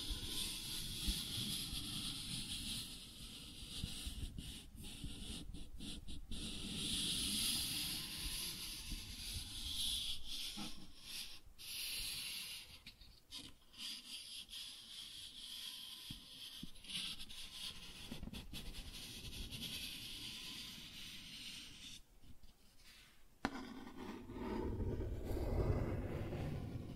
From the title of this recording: Cardboard Scratching, Tracing, Tearing